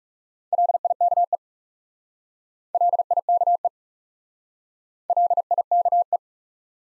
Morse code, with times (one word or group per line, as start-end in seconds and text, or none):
0.5-1.4 LIKE
2.7-3.7 LIKE
5.1-6.2 LIKE